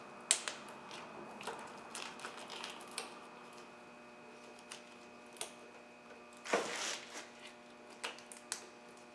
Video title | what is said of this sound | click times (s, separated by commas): How to replace the fuel injectors on a 2004 Chevy Classic | and you're going to plug them on and you're going to wait to hear a snap when it locks in place. | 0.3 s, 8.5 s